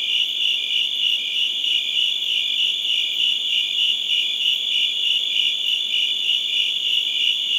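Shrill cricket chirps pulse rapidly and evenly, a high ringing tone sustained from start to finish.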